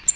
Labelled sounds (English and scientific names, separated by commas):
American Redstart (Setophaga ruticilla) flight call